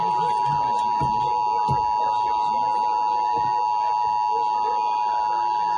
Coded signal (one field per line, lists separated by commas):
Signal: Emergency Alert System (SAME) tones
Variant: 853 and 960 Hz attention tone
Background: speech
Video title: I FREAK KUHT I FOUND TV RADIO... EAS Alerts From 4/20/25 - 4/21/25 (EAS#3,365 - #3,411)